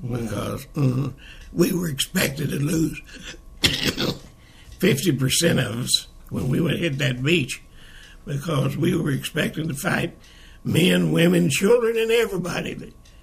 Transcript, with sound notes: …because, uh-huh, we were expected to lose (Coughs) fifty per cent of us when we would head that beach, because we were expected to fight men, women and children and everybody.